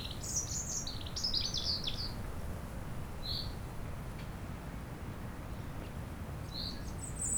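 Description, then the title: European robin giving a short run of high, sparkling notes, then scattered single thin notes, against a steady background of wind. Chindrieux, France; sunny sloping lawn at Châtillon beach, sheltered from the north wind; robin singing not far away; wind rumbling in the trees. "Chem. des Rubellines, Chindrieux, France - rouge gorge"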